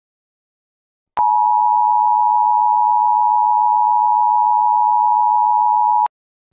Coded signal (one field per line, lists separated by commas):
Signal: Emergency Alert System (SAME) tones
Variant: 853 and 960 Hz attention tone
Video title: EAS Scenario: Golden Honkai Weeping God (Reposted)